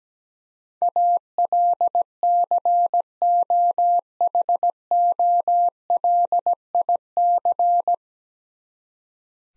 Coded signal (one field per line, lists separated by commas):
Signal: Morse code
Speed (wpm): 17 wpm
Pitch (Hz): 700 Hz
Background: none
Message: ALCOHOLIC